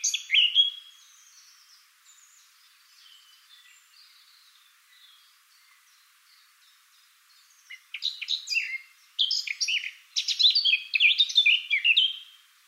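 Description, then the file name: Eurasian blackcap, a loud opening phrase, then several seconds of faint twittering before a bright, hurried warble of clear fluty notes. "Sylvia atricapilla"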